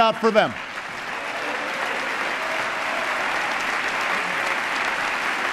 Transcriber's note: applause